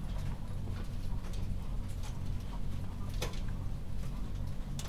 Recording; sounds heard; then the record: poultry house recording; healthy chickens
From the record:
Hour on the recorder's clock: 21